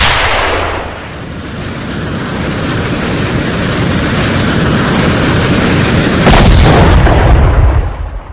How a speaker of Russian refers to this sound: Но в этот момент со стороны противника раздался рев реактивного двигателя, и в нашу баррикаду угодила ракета из РПГ-7. Рвануло так, что меня чуть кишки наружу не вывернуло.